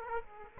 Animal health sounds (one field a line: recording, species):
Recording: mosquito wingbeat signal from an infrared sensor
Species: Aedes aegypti